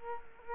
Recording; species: mosquito wingbeat signal from an infrared sensor; Culex quinquefasciatus